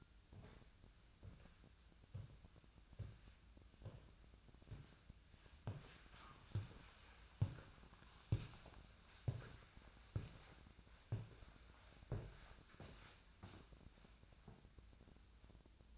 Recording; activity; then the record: daily activity, microphone in the room; walk to room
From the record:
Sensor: 2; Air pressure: 1009.9 hPa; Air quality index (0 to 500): 177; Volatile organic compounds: 10 ppm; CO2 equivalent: 2218 ppm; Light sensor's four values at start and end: 34/85/37/41 and 32/79/34/38